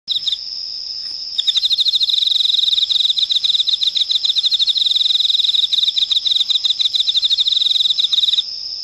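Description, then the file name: Emma field cricket chirping, a rapid run of bright pulsed chirps starting after a steady high tone, continuing for about seven seconds, then the steady ringing tone remains. "エンマコオロギ"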